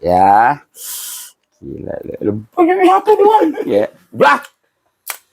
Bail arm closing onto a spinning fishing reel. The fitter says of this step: ya lu kalau Sampai bunyi klik gitu matanya kan klik juga tuh i